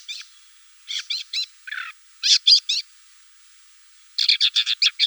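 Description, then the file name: Woodchat shrike giving harsh, scratchy notes in small groups separated by short silences, ending in a quicker run of rasping calls. "Sorokoput krasnogolovyj"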